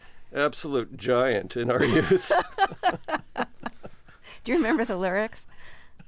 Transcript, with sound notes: absolute giant in our youth.
(LAUGHTER)
Do you remember the lyrics?